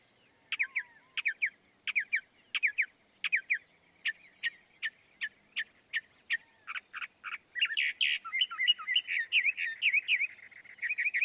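Northern mockingbird song: a string of sharp repeated chirps, quickening into a dense warbled jumble of rapid notes near the end.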